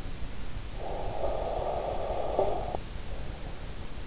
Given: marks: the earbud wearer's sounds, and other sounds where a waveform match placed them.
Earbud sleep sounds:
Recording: sounds in sleep by an in-ear microphone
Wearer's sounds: breath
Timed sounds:
0.44-3.11 s: breath

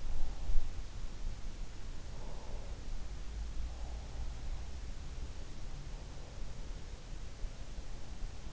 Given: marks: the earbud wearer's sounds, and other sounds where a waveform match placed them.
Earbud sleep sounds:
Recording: sounds in sleep by an in-ear microphone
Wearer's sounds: breath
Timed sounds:
2.15-3.16 s: breath

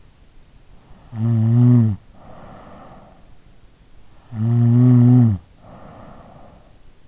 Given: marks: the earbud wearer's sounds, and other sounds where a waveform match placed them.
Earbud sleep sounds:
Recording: sounds in sleep by an in-ear microphone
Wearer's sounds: snoring breath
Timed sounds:
0.95-3.55 s: snoring breath
4.26-6.86 s: snoring breath

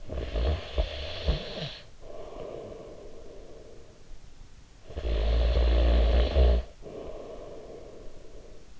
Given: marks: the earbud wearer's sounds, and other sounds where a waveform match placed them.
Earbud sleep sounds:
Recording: sounds in sleep by an in-ear microphone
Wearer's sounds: snoring breath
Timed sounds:
0.00-3.91 s: snoring breath
4.45-8.28 s: snoring breath

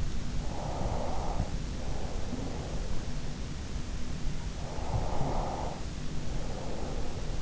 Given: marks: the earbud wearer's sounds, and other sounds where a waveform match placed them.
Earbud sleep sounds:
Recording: sounds in sleep by an in-ear microphone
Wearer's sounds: breath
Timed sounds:
0.61-3.00 s: breath
4.85-7.42 s: breath

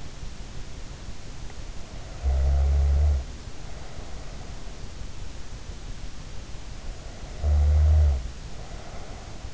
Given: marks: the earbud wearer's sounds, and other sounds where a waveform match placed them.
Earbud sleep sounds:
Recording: sounds in sleep by an in-ear microphone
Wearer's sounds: snoring breath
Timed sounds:
1.88-4.80 s: snoring breath
6.74-9.54 s: snoring breath

